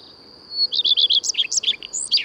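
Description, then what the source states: Common redstart song: a thin high opening note, then a run of repeated clear notes breaking into a varied scratchy twitter, with a steady high whine behind. Returns in April; sings from conspicuous, fairly high perches on trees or roofs; breeds in forest.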